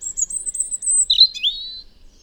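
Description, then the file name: European robin song phrase: very high thin whistled notes, then lower sliding whistles, all over a quiet background. "Erithacus rubecula"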